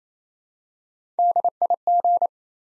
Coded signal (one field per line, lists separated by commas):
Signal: Morse code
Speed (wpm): 28 wpm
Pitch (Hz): 700 Hz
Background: none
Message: DIG